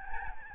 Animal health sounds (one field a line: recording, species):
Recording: mosquito wingbeat signal from an infrared sensor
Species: Aedes albopictus